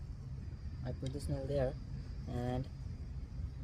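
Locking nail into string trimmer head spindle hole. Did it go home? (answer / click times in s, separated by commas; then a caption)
no / none. Someone talks while holding a nail up to the hole in a string trimmer's head assembly, about to push it in to lock the spindle against spinning. Under the voice there is only a steady low background rumble. Nothing has seated or clicked yet.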